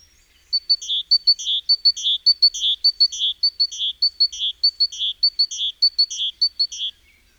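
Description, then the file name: Great tit giving a sustained, regular sequence of pairs of short high notes, each pair followed by a buzzy churr, lasting several seconds before stopping. "Parus major"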